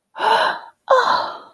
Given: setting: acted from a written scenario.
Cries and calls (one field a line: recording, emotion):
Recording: vocal sound without words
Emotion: romantic love